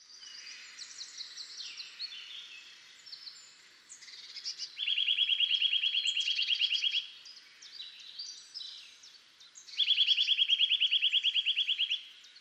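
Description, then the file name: Eurasian nuthatch with two strong rattling trills of evenly spaced notes, each two to three seconds long, separated by higher, thinner twittering. "Sitta europaea"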